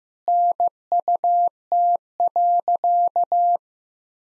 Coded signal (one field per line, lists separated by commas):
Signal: Morse code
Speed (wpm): 15 wpm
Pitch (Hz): 700 Hz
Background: none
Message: NUT.